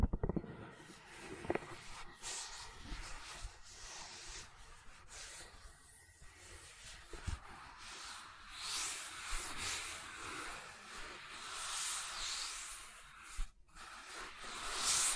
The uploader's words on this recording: ASMR Gentle Silicon Sounds for Sleep (No Talking).